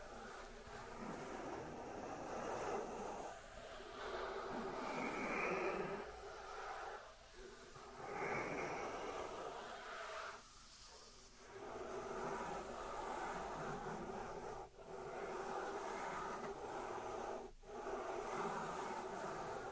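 Dry hands rubbing against each other make a continuous rough, papery swishing that fills the whole stretch. The texture surges and eases in waves, with brief near-pauses around 7, 10.5, 14.5 and 17.5 seconds before the rubbing resumes.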